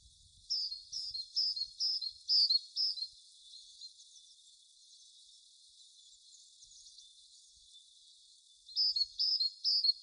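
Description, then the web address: Great tit repeating bright, high, evenly paced notes in a long series, then falling quiet before starting a fresh short run near the end. "SETE data Parus major"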